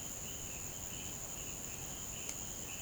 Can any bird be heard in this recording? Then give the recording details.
no. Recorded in pastures near Puerto Asís, Putumayo, Colombia, on 22 June 2025 at 10:30. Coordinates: 0.472, -76.331. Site G095